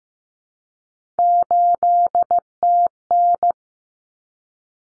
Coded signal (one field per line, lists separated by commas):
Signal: Morse code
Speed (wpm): 15 wpm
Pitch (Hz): 700 Hz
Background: none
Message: 8TN